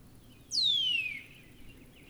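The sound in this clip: Northern cardinal whistle: a single long clear note sliding downward in pitch.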